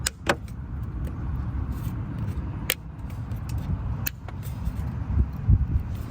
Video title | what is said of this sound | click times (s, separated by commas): DIY 2010 2011 2012 2013 2014 Volkswagen GTI Replacing PCV Diaphragm P2187 | you should hear clicks | 0.1 s, 0.3 s, 2.7 s, 4.1 s